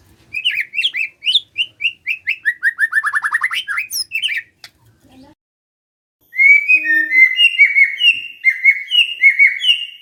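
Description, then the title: White-rumped shama delivering a rapid chain of repeated whistles that speed up and drop in pitch, then after silence a bright warbling phrase. White-rumped shama whistling used as a lure to make lazy birds start singing. "PANCINGAN MURAI BATU. SIULAN MURAI BATU❗ PANCINGAN MURAI MALAS AGAR BUNYI❗❗"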